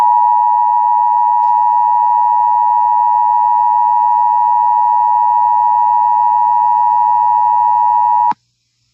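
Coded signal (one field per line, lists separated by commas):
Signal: Emergency Alert System (SAME) tones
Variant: 853 and 960 Hz attention tone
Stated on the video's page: Emergency Alert System tones from a simulated tornado warning scenario.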